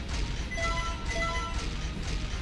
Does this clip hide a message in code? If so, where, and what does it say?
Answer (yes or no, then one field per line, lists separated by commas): no